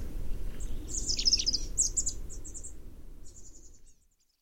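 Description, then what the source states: Chestnut-backed chickadee giving high, thin twittering chips in quick series that fade away as the background rumble ends in silence. Recorded in 2012 in a wilderness area on the Northern California coast.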